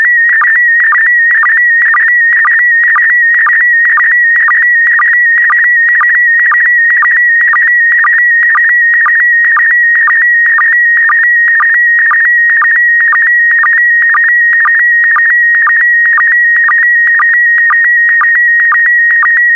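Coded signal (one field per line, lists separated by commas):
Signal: SSTV (slow-scan television)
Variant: PD120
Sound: continuous warbling tone around 2 kHz with regular short low chirps, steady rhythm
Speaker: transmission complete you can now check your decoded image against the picture that is shown on the video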